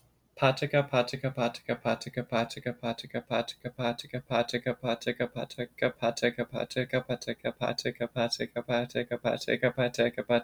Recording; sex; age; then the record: repeated syllables /pa ta ka/; male; 20 to 29 years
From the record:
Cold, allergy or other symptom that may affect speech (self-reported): no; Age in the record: 22 years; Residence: Florida, United States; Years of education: 15